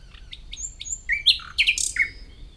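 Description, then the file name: Common nightingale song fragment: short high notes, then a louder burst of sharp chirps and falling whistles. "Luscinia megarhynchos"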